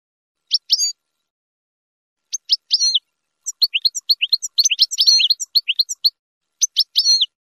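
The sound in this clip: Finch song with high sharp chirps and slurred whistled notes, building into a busy jumble of twittering before returning to short paired phrases.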